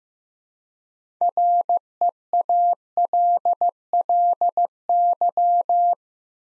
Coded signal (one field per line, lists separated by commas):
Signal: Morse code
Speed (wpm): 15 wpm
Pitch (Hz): 700 Hz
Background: none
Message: REALLY